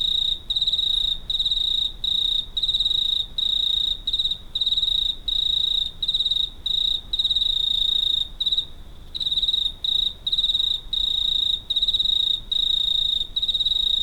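Cricket song, a high pulsed trill in short regular bursts separated by quick pauses, one longer gap near the middle, otherwise continuous.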